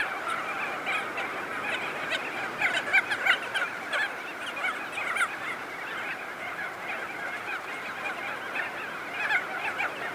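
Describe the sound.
Crested auklet chorus of many birds, nasal honking and trumpet-like calls overlapping continuously, with brief louder bursts around three and five seconds.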